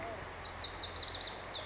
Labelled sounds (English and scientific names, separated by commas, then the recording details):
Lazuli Bunting (Passerina amoena)
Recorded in Sonoma County, California